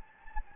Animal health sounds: mosquito wingbeat signal from an infrared sensor; Anopheles gambiae

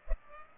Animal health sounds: mosquito wingbeat signal from an infrared sensor; Culex pipiens

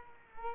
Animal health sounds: mosquito wingbeat signal from an infrared sensor; Culex quinquefasciatus

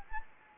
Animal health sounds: mosquito wingbeat signal from an infrared sensor; Anopheles gambiae

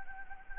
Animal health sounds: mosquito wingbeat signal from an infrared sensor; Anopheles gambiae

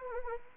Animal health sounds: mosquito wingbeat signal from an infrared sensor; Anopheles arabiensis

